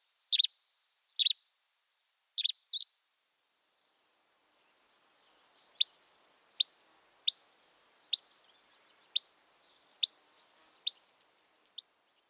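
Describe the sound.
Gray flycatcher calls: sharp, high, dry notes, paired at first, then single notes spaced about a second apart in a quiet setting.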